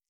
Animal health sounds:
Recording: hydrophone in a shrimp aquaculture tank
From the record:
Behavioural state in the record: stressed

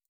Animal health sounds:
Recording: hydrophone in a shrimp aquaculture tank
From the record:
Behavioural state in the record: stressed

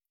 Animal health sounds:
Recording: hydrophone in a shrimp aquaculture tank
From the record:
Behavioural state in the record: stressed

